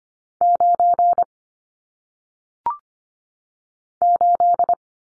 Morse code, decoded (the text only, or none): 9 8